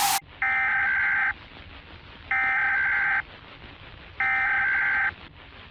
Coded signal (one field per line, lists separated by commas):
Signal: Emergency Alert System (SAME) tones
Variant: header bursts